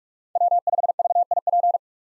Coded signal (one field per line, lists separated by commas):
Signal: Morse code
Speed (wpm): 40 wpm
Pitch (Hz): 700 Hz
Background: none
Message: W5VIP